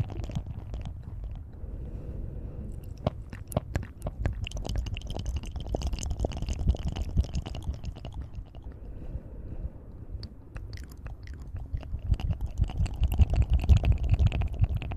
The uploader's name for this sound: Sensitivity Spine Tingling Mouth Sounds